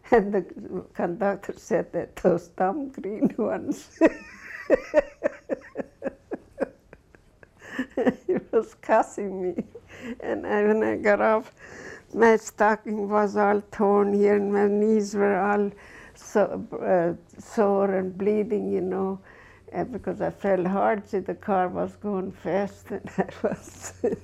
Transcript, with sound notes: and the conductor said, "These dumb greenhorns." (She laughs.) He was cussing me. And I. when I got up, my stocking was all torn and my knees were all sore and bleeding, you know, and because I fell hard, see the car was going fast, I was